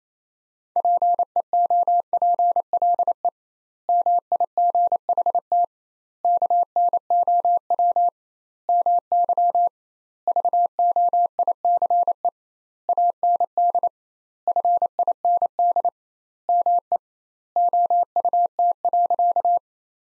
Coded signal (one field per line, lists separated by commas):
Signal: Morse code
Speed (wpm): 28 wpm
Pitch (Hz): 700 Hz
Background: none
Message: PEOPLE MIGHT KNOW MY VOICE AND FIND ME OUT.